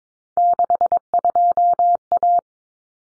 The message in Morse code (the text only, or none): 62A